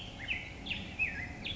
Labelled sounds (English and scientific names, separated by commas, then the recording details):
Black-headed Grosbeak (Pheucticus melanocephalus)
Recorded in Sonoma County, California